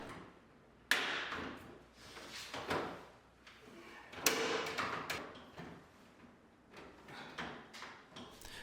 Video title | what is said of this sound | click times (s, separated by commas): How to Replace a Hotpoint Washing Machine Detergent Powder Dispenser Drawer & Hopper | You'll hear the clips click into place from the control panel when pushed down. | 0.9 s, 4.3 s